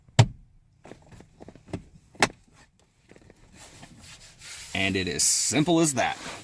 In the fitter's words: and just push till you hear it click.